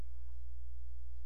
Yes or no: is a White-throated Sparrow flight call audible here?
no